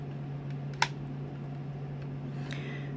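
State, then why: Seated. A folding plastic chest panel on a Legacy Ninja Megazord (Kakure Daishogun) transforming robot toy is folded up and locks into the figure's chest. A faint rustle leads into one sharp plastic click at 0.8 s, followed later by a softer tick near 2.5 s, all over a steady low hum. The chest part seats and locks into place.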